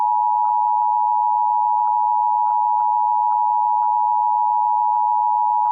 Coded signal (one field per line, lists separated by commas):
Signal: Emergency Alert System (SAME) tones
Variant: 853 and 960 Hz attention tone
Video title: EAS - Safe Alert during Rocky and Bullwinkle (March 26th, 2026, Toon Jones Arizona)